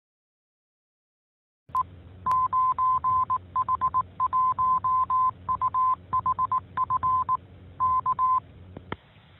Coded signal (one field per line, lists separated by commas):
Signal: Morse code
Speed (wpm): 18 wpm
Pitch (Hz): 1030 Hz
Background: none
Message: E 9H1UHF K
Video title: 11. 9H-HAM GlobalNet - Main topic - Vintage radio [01 Jul 2021]